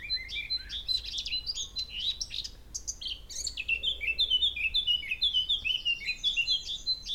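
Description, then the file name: Eurasian blackcap song delivered as a steady stream of quick warbled and whistled notes, varied in pitch, without a break. "Sylvia atricapilla"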